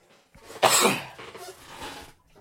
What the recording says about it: I'm sorry if you'll hear me cough sporadically throughout the show.